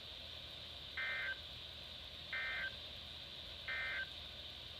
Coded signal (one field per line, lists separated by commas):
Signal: Emergency Alert System (SAME) tones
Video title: Flooding Madness part 4 EAS#354-379 from 11/8/20 - 11/10/20